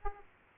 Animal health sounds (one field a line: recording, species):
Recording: mosquito wingbeat signal from an infrared sensor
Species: Aedes aegypti